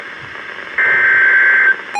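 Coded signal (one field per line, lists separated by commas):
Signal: Emergency Alert System (SAME) tones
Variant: header bursts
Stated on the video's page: Severe thunderstorm warning received on a Midland WR-400 weather radio from station KHA99.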